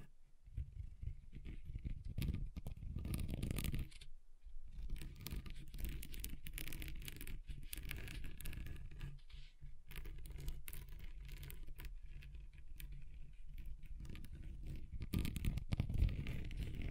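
Scratching against a table surface, a dense run of rough, rasping strokes with a low rumble underneath. The scraping is steady but uneven, with brief gaps near 4 and 10 seconds, and grows heavier and brighter toward the end.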